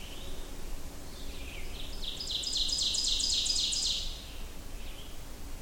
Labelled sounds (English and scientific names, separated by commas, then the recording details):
Ovenbird (Seiurus aurocapilla) song
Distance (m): 25 m
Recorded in boreal forest in Alberta, Canada, on 25 June 2016 at 06:10
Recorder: SongMeter 3, array SBT-6-76
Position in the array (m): 26 m, 119 m
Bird 2